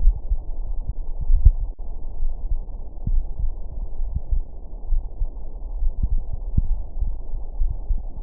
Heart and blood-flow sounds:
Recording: heart sounds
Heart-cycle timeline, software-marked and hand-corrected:
0.00	0.02	systole
0.02	0.16	S2
0.16	0.56	diastole
0.56	0.66	S1
0.66	0.78	systole
0.78	0.86	S2
0.86	1.28	diastole
1.28	1.44	S1
1.44	1.60	systole
1.60	1.70	S2
1.70	2.22	diastole
2.22	2.34	S1
2.34	2.50	systole
2.50	2.60	S2
2.60	3.08	diastole
3.08	3.24	S1
3.24	3.38	systole
3.38	3.50	S2
3.50	4.02	diastole
4.02	4.14	S1
4.14	4.30	systole
4.30	4.42	S2
4.42	4.90	diastole
4.90	5.04	S1
5.04	5.20	systole
5.20	5.30	S2
5.30	5.80	diastole
5.80	5.92	S1
5.92	6.10	systole
6.10	6.22	S2
6.22	6.68	diastole
6.68	6.80	S1
6.80	6.98	systole
6.98	7.10	S2
7.10	7.58	diastole
7.58	7.72	S1
7.72	7.88	systole
7.88	7.98	S2
7.98	8.23	diastole
From the record:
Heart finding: coronary artery disease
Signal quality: good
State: rest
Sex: male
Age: 56 years

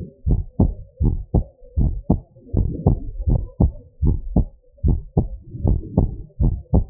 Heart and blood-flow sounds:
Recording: heart sounds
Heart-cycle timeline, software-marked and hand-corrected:
0.00	0.28	diastole
0.28	0.42	S1
0.42	0.60	systole
0.60	0.72	S2
0.72	1.02	diastole
1.02	1.18	S1
1.18	1.34	systole
1.34	1.46	S2
1.46	1.78	diastole
1.78	1.94	S1
1.94	2.10	systole
2.10	2.20	S2
2.20	2.58	diastole
2.58	2.72	S1
2.72	2.86	systole
2.86	2.96	S2
2.96	3.28	diastole
3.28	3.42	S1
3.42	3.60	systole
3.60	3.72	S2
3.72	4.04	diastole
4.04	4.20	S1
4.20	4.38	systole
4.38	4.48	S2
4.48	4.84	diastole
4.84	5.00	S1
5.00	5.18	systole
5.18	5.28	S2
5.28	5.64	diastole
5.64	5.80	S1
5.80	5.98	systole
5.98	6.10	S2
6.10	6.42	diastole
6.42	6.56	S1
6.56	6.74	systole
6.74	6.86	S2
6.86	6.90	diastole
From the record:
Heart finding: normal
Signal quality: good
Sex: female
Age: 43 years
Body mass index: 36.3

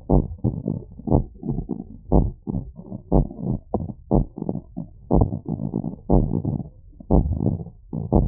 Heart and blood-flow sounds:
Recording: heart sounds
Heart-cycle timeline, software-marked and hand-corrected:
0.00	0.11	diastole
0.11	0.23	S1
0.23	0.45	systole
0.45	0.55	S2
0.55	1.11	diastole
1.11	1.23	S1
1.23	1.47	systole
1.47	1.57	S2
1.57	2.13	diastole
2.13	2.27	S1
2.27	2.53	systole
2.53	2.61	S2
2.61	3.13	diastole
3.13	3.25	S1
3.25	3.47	systole
3.47	3.57	S2
3.57	4.13	diastole
4.13	4.25	S1
4.25	4.49	systole
4.49	4.59	S2
4.59	5.13	diastole
5.13	5.27	S1
5.27	5.49	systole
5.49	5.57	S2
5.57	6.11	diastole
6.11	6.25	S1
6.25	6.47	systole
6.47	6.59	S2
6.59	7.11	diastole
7.11	7.27	S1
7.27	7.47	systole
7.47	7.57	S2
7.57	8.13	diastole
8.13	8.28	S1
From the record:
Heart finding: normal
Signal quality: good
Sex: male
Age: 26 years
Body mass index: 23

